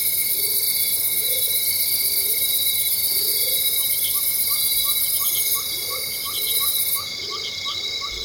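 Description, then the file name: Insects keep up a thick high buzzing wall of sound; a regular series of short chirps runs through the second half while soft low rising calls recur. Loud insects in tropical rainforest ambience, Venezuela. "felix blume nature tropical rainforest ambience venezuela loud insects"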